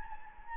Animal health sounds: mosquito wingbeat signal from an infrared sensor; Anopheles gambiae

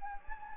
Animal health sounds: mosquito wingbeat signal from an infrared sensor; Anopheles gambiae

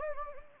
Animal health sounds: mosquito wingbeat signal from an infrared sensor; Anopheles gambiae

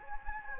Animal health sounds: mosquito wingbeat signal from an infrared sensor; Anopheles gambiae

